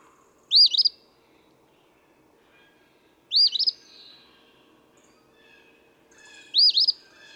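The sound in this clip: Eastern phoebe singing a brisk, burry two-note phrase three times, roughly every three seconds, with a soft steady hum beneath.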